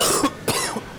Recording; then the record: coughing mixed with background sound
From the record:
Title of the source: Coughing 79